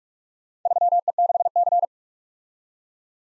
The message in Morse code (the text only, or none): 3E6C